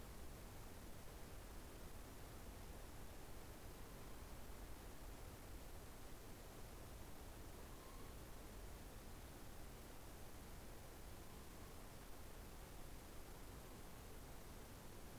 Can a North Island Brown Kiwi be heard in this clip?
no